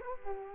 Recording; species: mosquito wingbeat signal from an infrared sensor; Culex quinquefasciatus